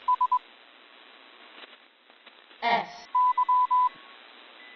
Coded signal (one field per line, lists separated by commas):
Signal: Morse code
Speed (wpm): 22 wpm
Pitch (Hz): 1000 Hz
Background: none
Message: S Y